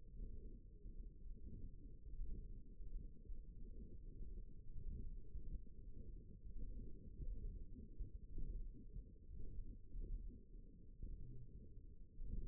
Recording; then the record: forearm muscle sounds (acoustic myography)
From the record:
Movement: ulnar deviation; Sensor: system 1, eight BSWA MPA416 microphones around the upper forearm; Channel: 2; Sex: female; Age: 21 years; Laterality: right